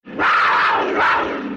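Panther call, one loud harsh scream-like yowl lasting over a second, dipping slightly in pitch then rising again before it stops.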